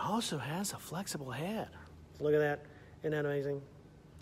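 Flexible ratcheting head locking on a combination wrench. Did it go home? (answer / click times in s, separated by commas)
no / none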